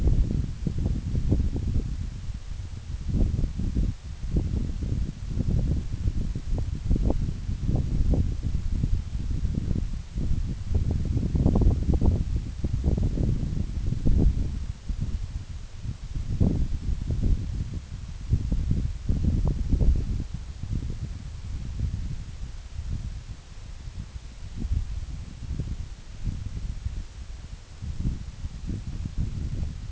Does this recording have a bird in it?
no